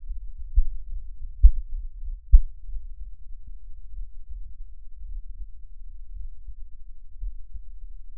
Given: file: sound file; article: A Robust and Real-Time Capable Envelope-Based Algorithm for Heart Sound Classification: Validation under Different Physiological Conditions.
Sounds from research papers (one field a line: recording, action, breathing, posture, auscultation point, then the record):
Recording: heart sounds by electronic stethoscope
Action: rest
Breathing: deep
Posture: sitting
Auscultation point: Erb’s point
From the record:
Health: healthy, no known heart disease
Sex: male